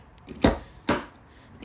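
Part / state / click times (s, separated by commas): steering wheel quick-release onto go-kart steering shaft hub / not seated / none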